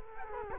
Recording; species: mosquito wingbeat signal from an infrared sensor; Culex quinquefasciatus